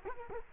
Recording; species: mosquito wingbeat signal from an infrared sensor; Culex quinquefasciatus